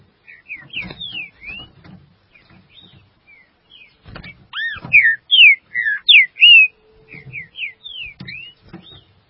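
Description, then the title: Green-winged saltator song, soft whistled notes building into a burst of five or six loud, clear slurred whistles, then quieter notes, with low knocks underneath. "Trinca Ferro"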